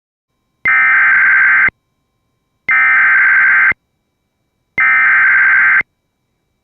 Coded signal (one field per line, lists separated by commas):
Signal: Emergency Alert System (SAME) tones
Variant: header bursts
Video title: Severe Thunderstorm Warning EAS#160